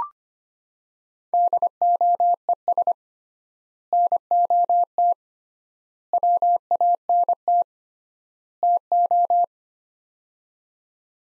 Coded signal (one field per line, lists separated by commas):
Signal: Morse code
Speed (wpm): 25 wpm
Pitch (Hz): 700 Hz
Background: none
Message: DOES NOT WANT TO